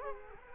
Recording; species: mosquito wingbeat signal from an infrared sensor; Culex quinquefasciatus